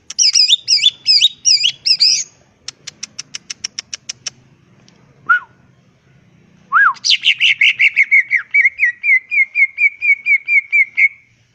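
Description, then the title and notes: Leafbird song: loud looping whistles, a run of sharp ticks, then a long rapid series of repeated downslurred notes. Vigorously singing (gacor), melodious leafbird (cucak ijo) in ngentrok style with crest raised (jambul nembak); recording intended as a master track for training other cucak ijo. "Cucak Ijo Gacor Ngentrok Jambul Nembak. suara burung cucak ijo gacor, merdu cocok buat masteran burung cucak ijo"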